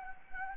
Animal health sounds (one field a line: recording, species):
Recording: mosquito wingbeat signal from an infrared sensor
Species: Anopheles gambiae